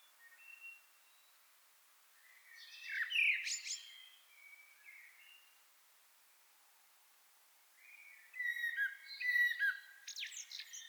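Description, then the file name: Common blackbird singing fluted phrases, each ending in a squeaky high twitter, with a long pause between two phrases. "Turdus merula"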